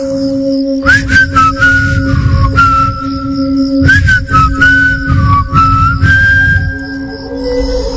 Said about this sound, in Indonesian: Aku pun mencoba menghibur diri. Aku melihat-lihat handphone sambil ya refleks aku bersiul entah kenapa.